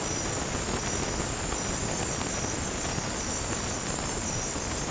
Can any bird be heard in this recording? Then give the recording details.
no. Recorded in dense forest near Puerto Asís, Putumayo, Colombia, on 30 June 2025 at 23:00. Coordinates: 0.503, -76.323. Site G059